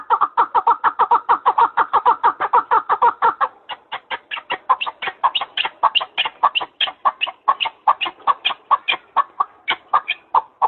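Partridge calling in a fast continuous chatter of harsh clucks, dense at first, then slightly looser but unbroken throughout.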